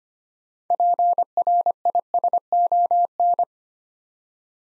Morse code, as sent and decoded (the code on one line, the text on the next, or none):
.--. .-. .. ... --- -.
PRISON